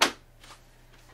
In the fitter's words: This will come into the notch at an angle, pop down till it clicks,